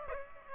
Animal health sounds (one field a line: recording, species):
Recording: mosquito wingbeat signal from an infrared sensor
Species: Aedes aegypti